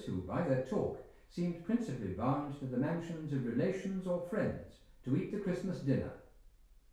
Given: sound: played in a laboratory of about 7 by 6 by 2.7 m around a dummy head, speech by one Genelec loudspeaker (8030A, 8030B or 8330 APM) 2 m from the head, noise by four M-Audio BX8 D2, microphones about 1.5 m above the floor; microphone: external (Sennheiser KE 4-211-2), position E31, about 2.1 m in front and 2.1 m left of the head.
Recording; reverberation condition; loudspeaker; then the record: male speech in English; medium; 30 degrees to the left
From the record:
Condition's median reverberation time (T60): about 510 ms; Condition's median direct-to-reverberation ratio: about -0.5 dB